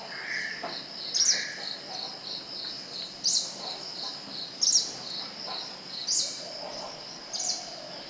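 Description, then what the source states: Greenish warbler calling about five times with crisp, slurred high notes every one to two seconds, set against a steady insect hum and faint lower bird notes. Recorded at Thekkady on 12 October 2015.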